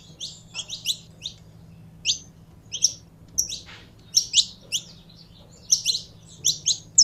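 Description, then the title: Canary song: scattered bright high chirps and short trills in loose bursts, with gaps between phrases and a faint low hum underneath. Song of a purebred Belgian canary. "Canto Do Canário Belga Puro"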